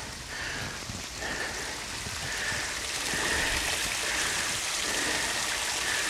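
Steady, even water trickle from a fountain runs throughout with a soft hiss and faint splashing, rising slightly partway through, as the water flows over moss into a drain in the ground. No voices are heard.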